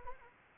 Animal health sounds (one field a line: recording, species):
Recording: mosquito wingbeat signal from an infrared sensor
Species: Anopheles arabiensis